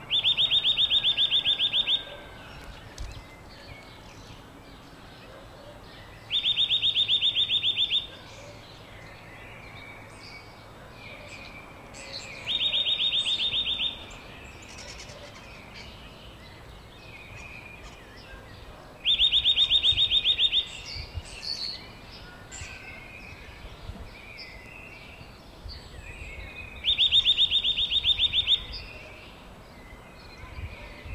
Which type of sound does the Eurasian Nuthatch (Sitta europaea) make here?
song